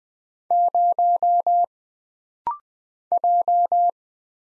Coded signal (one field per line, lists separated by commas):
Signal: Morse code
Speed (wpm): 20 wpm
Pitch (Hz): 700 Hz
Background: none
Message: 0 J